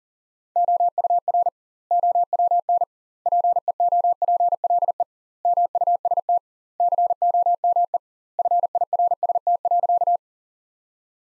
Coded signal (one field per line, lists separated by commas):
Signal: Morse code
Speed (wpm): 40 wpm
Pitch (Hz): 700 Hz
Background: none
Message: OUR OWN PEOPLE MUST COME FIRST.